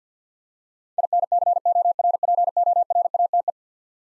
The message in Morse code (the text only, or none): INCORPORATE